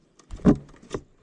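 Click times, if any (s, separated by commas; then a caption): none. Handling of a xenon D1S headlight bulb connector being fitted to its bulb holder in the headlight housing of a MINI R56. Faint ticks at 0.2 and 0.3 s lead to a louder low thump around 0.5 s, then light taps near 0.7 to 0.8 s and a sharper tap at 1.0 s. The connector has not seated or clicked in yet.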